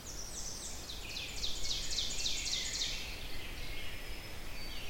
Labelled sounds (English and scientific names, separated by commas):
Ovenbird (Seiurus aurocapilla) song